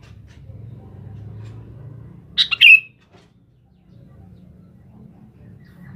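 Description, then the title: Sooty-headed bulbul utters one short bubbly three-note phrase midway, over steady low rumbling background noise. "Kutilang"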